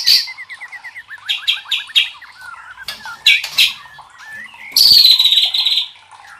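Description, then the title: White-rumped shama song mixing quick ticking notes, separate loud bursts and a final dense, bright, buzzy phrase. Used to train cage birds (masteran). "MURAI BATU LABAIK"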